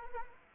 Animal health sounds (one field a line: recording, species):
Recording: mosquito wingbeat signal from an infrared sensor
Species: Anopheles arabiensis